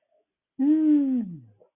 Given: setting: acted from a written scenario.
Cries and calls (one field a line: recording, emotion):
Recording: vocal sound without words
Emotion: serenity